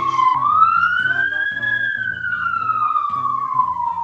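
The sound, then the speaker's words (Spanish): A police patrol car siren passes with one long, loud wail that slowly rises in pitch and then sinks back down, while a person talks underneath it. “Acaba de pasar justo acá una patrulla con un protocolo de alguien que seguramente ha fallecido de COVID.”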